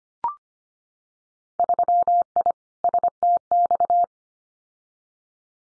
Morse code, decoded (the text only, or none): 3I STX